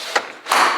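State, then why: Seated. A removable cleaning tray is pushed into the base of a plastic folding dog crate, where it pops in and locks into place. A short sharp click sounds at 0.2 s. A second, longer snapping burst at 0.5 s follows as the tray seats securely.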